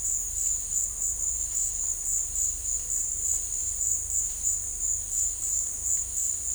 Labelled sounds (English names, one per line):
none